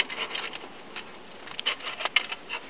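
A car stereo head unit for a Ford Escort, Fiesta or Puma is pushed into the dashboard mounting cage, making soft scraping and patter-like rubbing with a few small knocks. The strongest sharp click comes at 2.2 seconds as the retaining clips catch and the unit seats in the cage.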